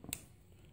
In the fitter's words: push it in soon as you push it in it'll come back out snaps into place